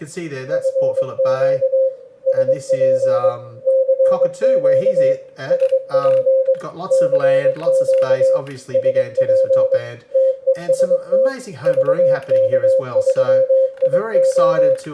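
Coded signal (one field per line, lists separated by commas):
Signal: Morse code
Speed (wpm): 22 wpm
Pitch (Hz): 530 Hz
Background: speech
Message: FQ SP CQ SP CQ SP TEST VK3IO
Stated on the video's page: Live 160 m CW contact on a new homemade antenna through a homemade antenna switch.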